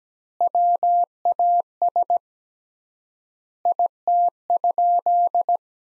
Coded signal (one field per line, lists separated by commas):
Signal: Morse code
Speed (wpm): 17 wpm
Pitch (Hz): 700 Hz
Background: none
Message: WAS IT?